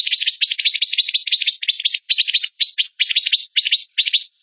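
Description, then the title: Bird song, a fast stream of buzzy chattering bursts, each a rapid cluster of harsh notes, with short gaps, an occasional thin high squeak above, no other sounds. Masteran tutor song of a bird singing gacor (energetically) in tembakan style, Indonesia. "Masteran Burung Tembakan Gacor"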